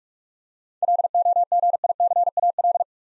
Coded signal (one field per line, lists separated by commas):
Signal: Morse code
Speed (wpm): 41 wpm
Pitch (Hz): 700 Hz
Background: none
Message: LOGICAL